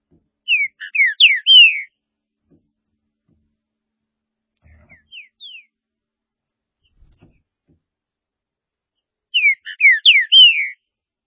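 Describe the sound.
Green-winged saltator song: a loud phrase of rapid, rich slurred whistles, a soft short phrase midway, then the loud phrase repeated about nine seconds later.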